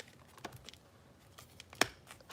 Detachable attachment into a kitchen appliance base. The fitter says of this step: and it clicks right in just like that